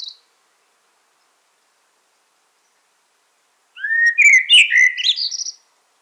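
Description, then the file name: Common blackbird delivering a single rich whistled phrase that breaks into scratchy high twitters near its end, after a long quiet pause. "Turdus merula"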